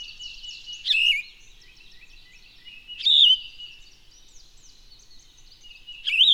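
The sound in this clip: Bird song: three loud rising whistled phrases a few seconds apart, with steady chirping underneath.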